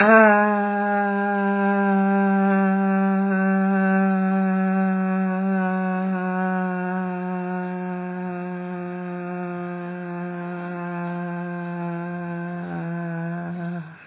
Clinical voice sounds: sustained vowel /a/; female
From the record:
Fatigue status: fatigue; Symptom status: symptomatic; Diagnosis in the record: COVID-19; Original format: 3gp

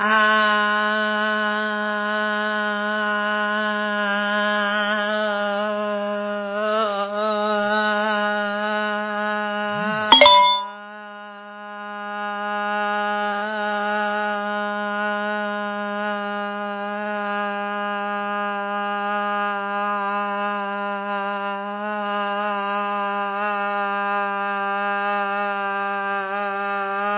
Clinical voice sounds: sustained vowel /a/; female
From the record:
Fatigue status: no fatigue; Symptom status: symptomatic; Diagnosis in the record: COVID-19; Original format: 3gp

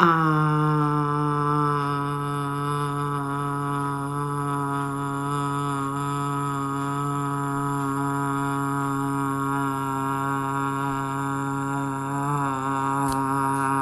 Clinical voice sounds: sustained vowel /a/; female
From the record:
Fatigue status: no fatigue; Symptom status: symptomatic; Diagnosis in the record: COVID-19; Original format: m4a

